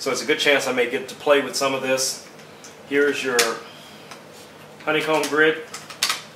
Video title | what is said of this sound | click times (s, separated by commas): Portrait Photography kit { Interfit } | pops right in there | 6.0 s